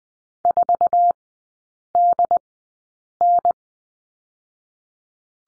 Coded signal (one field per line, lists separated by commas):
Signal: Morse code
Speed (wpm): 20 wpm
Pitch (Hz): 700 Hz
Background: none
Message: 4DN